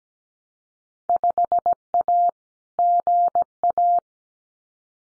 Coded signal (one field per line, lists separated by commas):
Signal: Morse code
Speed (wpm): 17 wpm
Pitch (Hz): 700 Hz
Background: none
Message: 5A GA